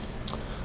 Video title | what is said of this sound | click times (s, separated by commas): EVTV - Dual Tesla Model S Batteries as Solar Energy Storage | up if it ever does there it is and just push it in until it clicks | 0.3 s